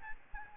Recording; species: mosquito wingbeat signal from an infrared sensor; Aedes albopictus